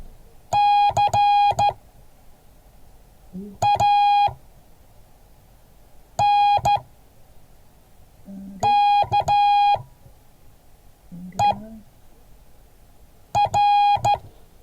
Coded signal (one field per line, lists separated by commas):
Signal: Morse code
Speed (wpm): 14 wpm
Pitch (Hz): 820 Hz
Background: none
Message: CANKER